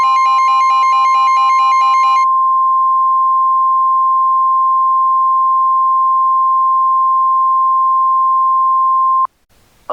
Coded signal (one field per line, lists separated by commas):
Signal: Emergency Alert System (SAME) tones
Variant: 1050 Hz attention tone